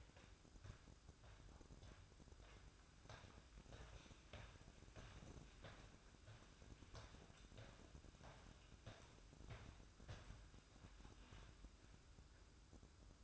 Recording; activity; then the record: daily activity, microphone in the room; walk to room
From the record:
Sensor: 2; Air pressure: 1008.0 hPa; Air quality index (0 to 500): 116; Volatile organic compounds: 1 ppm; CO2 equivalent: 866 ppm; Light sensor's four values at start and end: 8/18/7/7 and 7/17/7/7